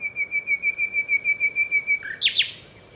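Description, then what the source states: Common nightingale singing: a long run of steady, pulsing whistled notes on one pitch, then a quick burst of higher, sharp, twisting notes. Male, possibly paired, recorded with a parabolic reflector near the recordist's home before sunrise; described as an endangered songster.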